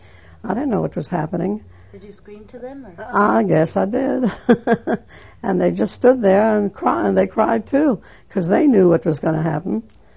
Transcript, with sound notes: I didn't know what was happening.
Did you scream to them?
I guess I did. ( she laughs ) And they just stood there and they cried, too, because they knew what was going to happen.